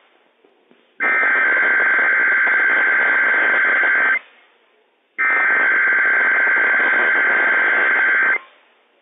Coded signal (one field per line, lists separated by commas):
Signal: Emergency Alert System (SAME) tones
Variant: header bursts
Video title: WSEOC RWT/Spokane County EM RWT - WWF56 - EAS #78-79 - 4/13/21